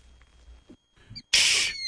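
Killdeer call: one loud, shrill, high-pitched note lasting about half a second, harsh and slightly noisy.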